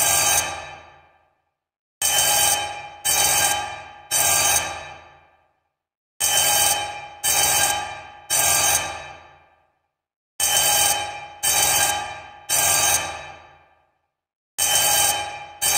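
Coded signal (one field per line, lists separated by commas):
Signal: coded fire alarm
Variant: single-stroke alarm bell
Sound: loud ringing bell strokes in repeating groups of three, each ringing out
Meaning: Code 3 on a coded fire alarm bell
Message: 3-3-3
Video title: General Signal 10" Fire Alarm Bell Code 3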